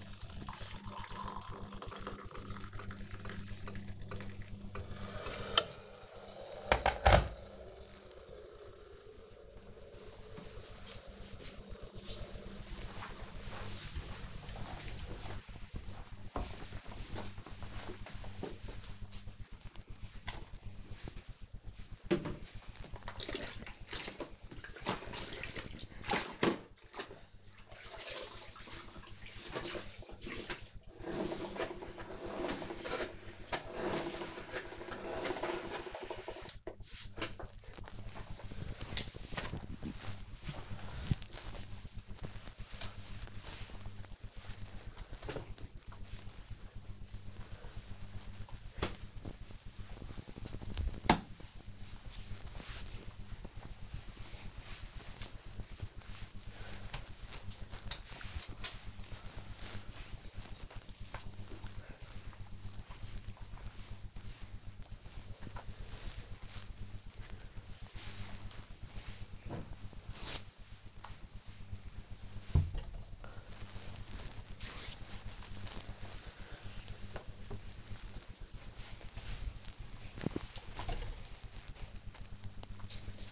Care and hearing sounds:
household activities, microphone on the right wrist
0.00-6.70 s: making tea
18.78-83.31 s: floor cleaning

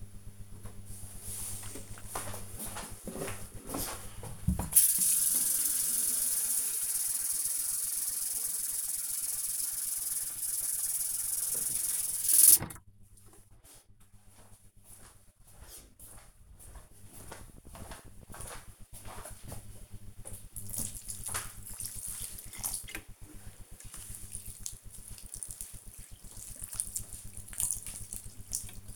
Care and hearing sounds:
household activities, microphone on the right wrist
0.38-28.96 s: watering plant

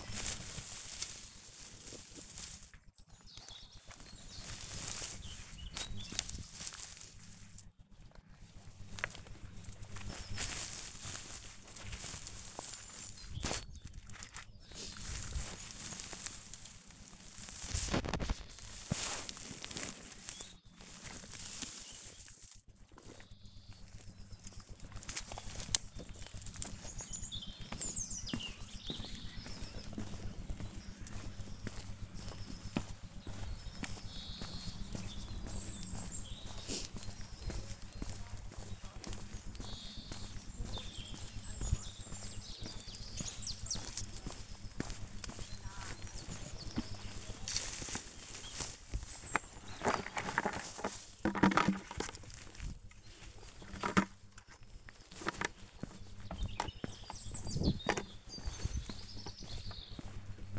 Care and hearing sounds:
household activities, microphone on the right wrist
0.00-41.16 s: removing plants (near water)

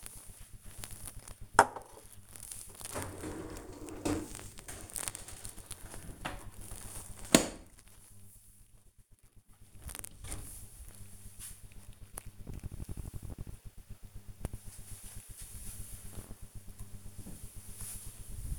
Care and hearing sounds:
household activities, microphone on the right wrist
0.00-5.70 s: cleaning out the dishwasher

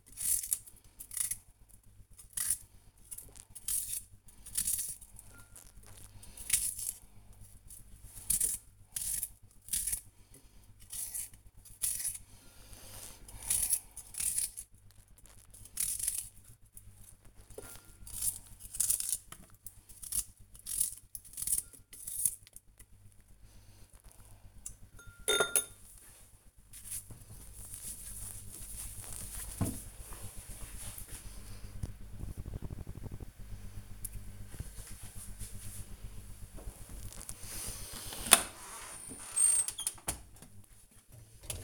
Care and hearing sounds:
household activities, microphone on the right wrist
0.00-22.89 s: cutting vegetables
37.95-41.64 s: cleaning out the dishwasher

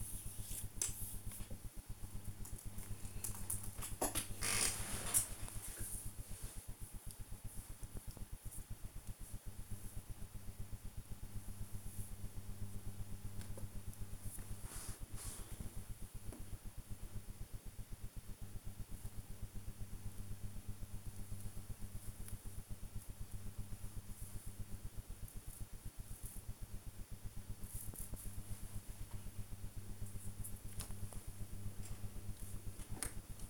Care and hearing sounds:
household activities, microphone on the right wrist
12.39-33.49 s: build with lego

